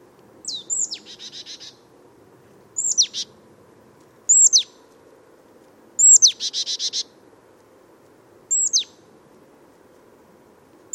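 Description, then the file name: Marsh Tit uttering a series of crisp, high slurred notes at irregular intervals, twice followed by a chattering run of buzzy, nasal notes; low hum in the background. "Poecile palustris"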